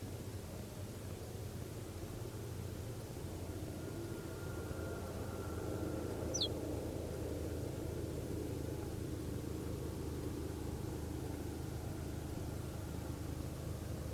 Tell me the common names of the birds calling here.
Ortolan Bunting